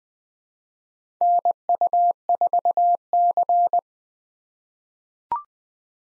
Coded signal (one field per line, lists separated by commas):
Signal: Morse code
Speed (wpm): 20 wpm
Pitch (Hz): 700 Hz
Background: none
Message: NU4C